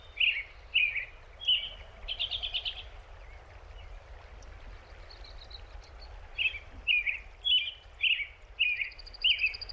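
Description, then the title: American robin song: a few rich caroling phrases, a pause of several seconds, then another run of six phrases. Big Thompson Canyon, Rocky Mountain National Park, Colorado, USA. "Robin's Home Song (Big Thompson Canyon, Colorado)"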